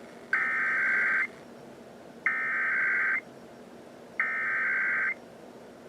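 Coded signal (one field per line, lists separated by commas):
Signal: Emergency Alert System (SAME) tones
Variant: header bursts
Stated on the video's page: Required Weekly Tests received on NOAA Weather Radio and FM broadcast.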